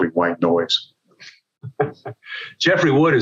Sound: laughs